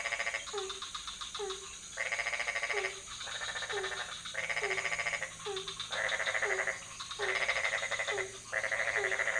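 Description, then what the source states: Frogs calling: low croaks repeated under raspy, grating trills that switch on and off in bursts of a second or two. Several frog species calling at night in a pond near a hotel in Ubud, Bali, Indonesia; recorded with Sony PCM D50, Rode NT4 and Rode boompole.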